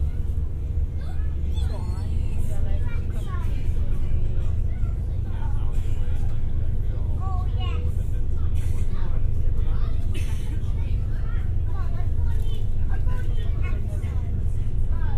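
Aboard a ferry from Ryde to Portsmouth, a deep, steady engine rumble fills the low end throughout. Many voices chatter over it continuously, overlapping and indistinct, with occasional brighter knocks and clatters around the eighth and tenth seconds.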